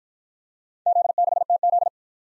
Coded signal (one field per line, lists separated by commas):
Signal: Morse code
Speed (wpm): 53 wpm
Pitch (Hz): 700 Hz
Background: none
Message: Z6TZ